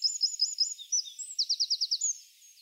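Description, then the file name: Eurasian wren phrase of high, quick looping notes followed by a crisp trill of about six evenly spaced notes. "Troglodytes troglodytes"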